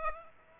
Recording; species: mosquito wingbeat signal from an infrared sensor; Aedes aegypti